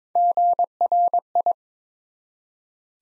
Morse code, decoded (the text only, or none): GRI